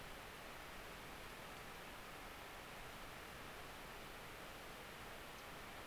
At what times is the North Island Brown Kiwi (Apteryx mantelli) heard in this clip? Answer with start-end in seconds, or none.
none